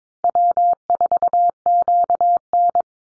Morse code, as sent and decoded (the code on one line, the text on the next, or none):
.-- ....- --.- -.
W4QN